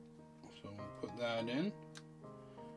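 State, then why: Seated. A microSD card is pushed into the card slot on top of a small plastic selfie drone while someone talks over background music. A short, sharp click is heard at 1.97 s as the card seats in the slot.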